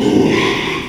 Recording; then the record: squeal of a Yucatan mini pig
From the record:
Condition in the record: after surgery on the right vocal fold (resection and tissue-engineered implant); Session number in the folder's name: 1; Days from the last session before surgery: 6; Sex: male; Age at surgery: 12 weeks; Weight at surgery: 13 kg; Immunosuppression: cyclosporine, prednisolone